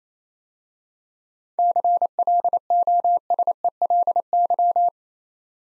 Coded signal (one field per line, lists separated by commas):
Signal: Morse code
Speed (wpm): 28 wpm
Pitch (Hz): 700 Hz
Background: none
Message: CLOSELY